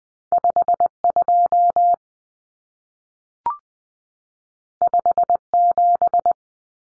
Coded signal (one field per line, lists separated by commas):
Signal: Morse code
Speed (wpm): 20 wpm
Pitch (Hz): 700 Hz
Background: none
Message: 52 57